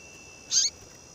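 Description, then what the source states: Double-collared seedeater call: a single short, high, slightly buzzy chip lasting about a fifth of a second, over a faint steady hiss. Female.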